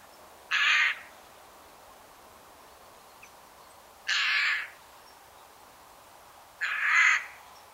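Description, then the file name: Eurasian jay giving three harsh, rasping screeches, each about half a second long, spaced a few seconds apart against a quiet background. "Garrulus glandarius"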